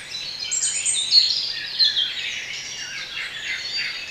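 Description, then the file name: Birds twittering in chorus, quick high chirps and sharp notes crowding together, a couple of louder peaks early on, with gentle background hiss. Intended for relaxation. "relaksacja odglosy ptakow"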